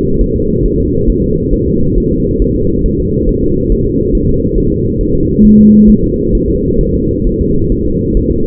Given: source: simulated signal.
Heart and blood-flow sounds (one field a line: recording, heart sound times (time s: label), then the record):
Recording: fetal heart sounds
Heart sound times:
0.21 s: S1
0.36 s: S2
0.66 s: S1
0.80 s: S2
1.10 s: S1
1.24 s: S2
1.53 s: S1
1.68 s: S2
1.98 s: S1
2.12 s: S2
2.42 s: S1
2.56 s: S2
2.86 s: S1
3.00 s: S2
3.29 s: S1
3.44 s: S2
3.72 s: S1
3.87 s: S2
4.15 s: S1
4.29 s: S2
4.58 s: S1
4.72 s: S2
5.01 s: S1
5.15 s: S2
5.45 s: S1
5.59 s: S2
5.90 s: S1
6.04 s: S2
6.35 s: S1
6.50 s: S2
6.81 s: S1
6.95 s: S2
7.27 s: S1
7.41 s: S2
7.72 s: S1
7.86 s: S2
8.17 s: S1
8.31 s: S2
From the record:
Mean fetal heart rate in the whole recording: 135 bpm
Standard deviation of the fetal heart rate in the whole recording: 3 bpm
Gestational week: 36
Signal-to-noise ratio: -15.3 dB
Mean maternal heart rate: 72 bpm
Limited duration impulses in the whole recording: present